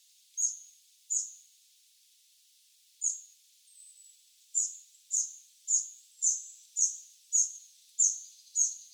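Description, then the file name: Eurasian wren call notes: two high ticks, a pause of nearly two seconds, a single tick, then a regular run of sharp clicks about twice a second. "Troglodytes troglodytes"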